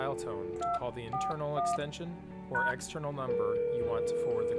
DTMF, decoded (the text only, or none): 241 #